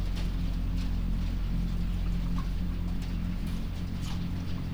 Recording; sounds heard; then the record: poultry house recording; sick chickens (respiratory disease)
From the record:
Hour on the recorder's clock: 21